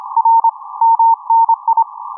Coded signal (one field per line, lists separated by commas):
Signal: Morse code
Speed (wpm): 25 wpm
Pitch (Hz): 910 Hz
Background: none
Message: R MNI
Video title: January 2021 Pt2 ~ Shortwave Radio Selection ~ UK/Europe